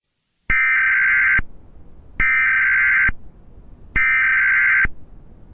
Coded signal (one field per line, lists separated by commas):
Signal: Emergency Alert System (SAME) tones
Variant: header bursts